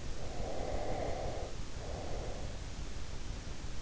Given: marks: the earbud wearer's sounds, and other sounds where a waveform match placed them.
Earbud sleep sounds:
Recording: sounds in sleep by an in-ear microphone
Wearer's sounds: breath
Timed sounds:
0.20-3.10 s: breath

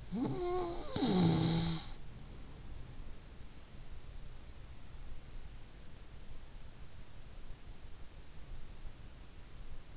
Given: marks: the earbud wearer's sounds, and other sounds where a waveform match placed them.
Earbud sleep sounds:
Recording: sounds in sleep by an in-ear microphone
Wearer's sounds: snoring breath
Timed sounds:
0.00-2.32 s: snoring breath

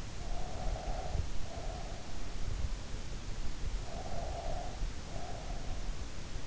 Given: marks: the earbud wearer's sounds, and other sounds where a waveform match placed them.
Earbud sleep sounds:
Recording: sounds in sleep by an in-ear microphone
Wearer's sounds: breath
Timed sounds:
0.00-2.35 s: breath
3.22-6.07 s: breath

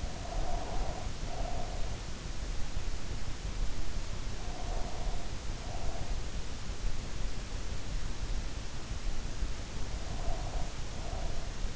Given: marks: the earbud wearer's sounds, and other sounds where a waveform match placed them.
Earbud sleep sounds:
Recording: sounds in sleep by an in-ear microphone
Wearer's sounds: breath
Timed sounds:
0.00-2.07 s: breath
4.28-6.39 s: breath
9.84-11.75 s: breath

